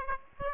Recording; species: mosquito wingbeat signal from an infrared sensor; Aedes aegypti